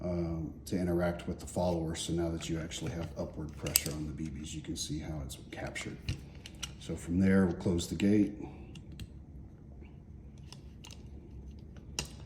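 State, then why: Seated. Someone talks while closing the gate on a plastic Unit Solutions "Unit 4" reality-based training cartridge unit, after the BBs have been captured under upward pressure by the spring-loaded follower. A few faint taps follow, then the gate lever is swung forward and clicks sharply into place at 12.0 s, seating closed.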